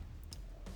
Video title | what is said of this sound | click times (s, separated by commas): Cruzbike V20c Complete Recumbent Road Bike 2022 Assembly - CRUZBIKE | there we go there's one clicked over | 0.3 s